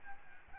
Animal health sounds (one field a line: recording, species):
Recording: mosquito wingbeat signal from an infrared sensor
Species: Aedes albopictus